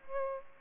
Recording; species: mosquito wingbeat signal from an infrared sensor; Aedes aegypti